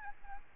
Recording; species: mosquito wingbeat signal from an infrared sensor; Aedes albopictus